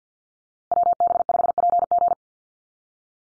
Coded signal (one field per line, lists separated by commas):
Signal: Morse code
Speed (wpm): 50 wpm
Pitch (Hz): 700 Hz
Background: none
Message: WB5PG